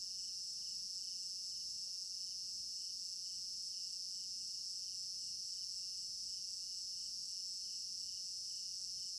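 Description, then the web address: Cricket chorus, an unbroken high shrill trill with a gently pulsing lower layer, plus a few faint ticks in the background. Crickets in an African village garden at night; stereo binaural recording. "African-Village Garden Night Crickets Stereo-Binaural. immersive sound library"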